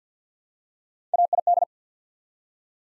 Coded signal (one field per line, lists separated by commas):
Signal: Morse code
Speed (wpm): 50 wpm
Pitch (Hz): 700 Hz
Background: none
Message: AID